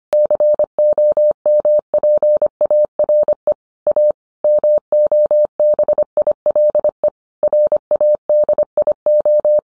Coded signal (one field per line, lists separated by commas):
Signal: Morse code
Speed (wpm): 25 wpm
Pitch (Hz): 600 Hz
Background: none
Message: COMPARE A MOBILE RADIO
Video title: 20230122 What is the difference between handheld, mobile and a base radio?